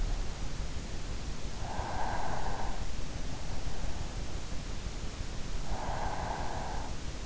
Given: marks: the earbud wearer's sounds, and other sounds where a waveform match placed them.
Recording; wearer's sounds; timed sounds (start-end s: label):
sounds in sleep by an in-ear microphone; breath
1.32-3.55 s: breath
5.38-6.98 s: breath